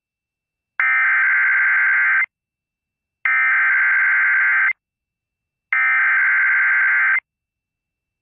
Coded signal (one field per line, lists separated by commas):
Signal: Emergency Alert System (SAME) tones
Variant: header bursts